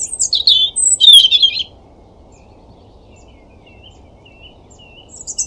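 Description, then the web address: European robin song, two quick high warbled phrases with thin trills and sharp notes, then near silence with faint high notes near the end. "Deverinetal 2025 File origin Bird Only Er Ru"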